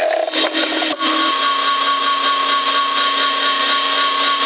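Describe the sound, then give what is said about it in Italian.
A steady, constant mechanical whir with a harsh, rasping buzz from the small cooling fan of a CB radio power supply, grinding and holding an even loudness throughout after a brief rattle at the start. “Va bene, mamma mia che rumore sta facendo questa alimentazione, mi fa impazzire alle volte.”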